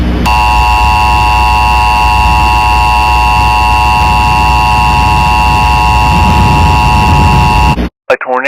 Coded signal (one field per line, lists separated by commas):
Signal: Emergency Alert System (SAME) tones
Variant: 853 and 960 Hz attention tone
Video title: (EAS mock) PDS tornado warning for Mercerville-Hamilton Square in New Jersey.